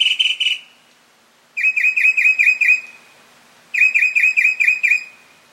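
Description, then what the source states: Mockingbird song: loud chattering phrases of rapid harsh notes, each burst about a second long, repeated with short pauses. Male.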